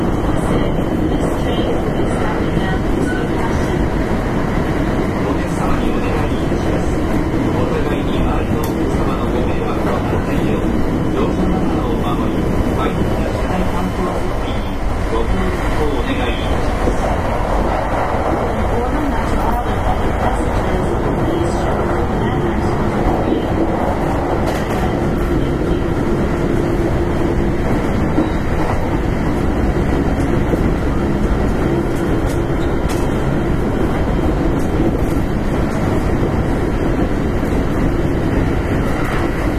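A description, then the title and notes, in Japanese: Running sound of a 5820-series electric train on an express, a steady dense low rumble with faint voices and brief tonal shifts midway. 近鉄5820系列 大阪線急行 八木から上本町まで。近畿日本鉄道 5820系電車の走行音です。大阪線の急行列車で録音しました。It is the sound of a motor.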